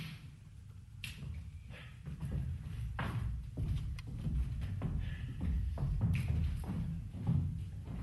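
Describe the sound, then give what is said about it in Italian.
Sharp knocks on a door land at irregular moments, each a crisp, fairly loud rap, over a steady low rumble that fills the background throughout. “Qualcuno bussava alla porta.”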